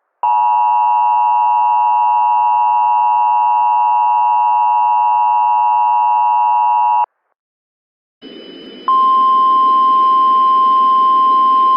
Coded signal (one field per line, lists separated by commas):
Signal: Emergency Alert System (SAME) tones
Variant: 853 and 960 Hz attention tone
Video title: EAS Mock: Storm Chasers Reborn